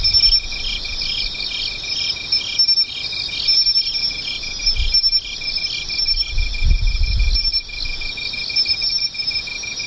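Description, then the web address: Insect chorus of rapid pulsed chirps and shimmering high trills, with short bursts of a higher buzzing note and occasional low thumps and rumbles. "cats nishikawa 201110 mushinokoi"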